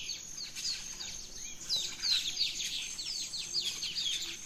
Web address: naturescapes Birds in the Rainforest 03 Dawn Venezuela Gran Sabana